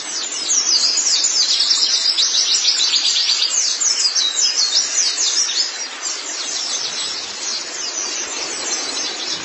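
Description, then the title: White-eye singing a lively, high twittering warble of quick chirps, loud at first and softening toward the end. "Kicauan Burung Pleci"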